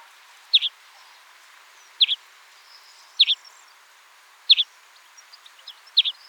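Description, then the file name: European greenfinch calls: clipped double chirps repeated roughly every one to one and a half seconds, with faint ticks between. "Chloris chloris"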